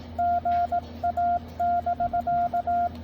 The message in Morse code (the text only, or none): GA<BK>